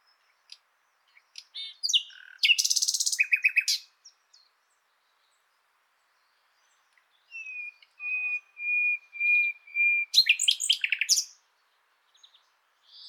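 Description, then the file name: Common nightingale delivering varied notes and a loud harsh rattled burst, a quiet gap, then slow pure whistled notes repeated on one pitch, before a rapid flourish. "Luscinia megarhynchos"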